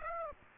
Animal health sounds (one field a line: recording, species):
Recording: mosquito wingbeat signal from an infrared sensor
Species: Aedes aegypti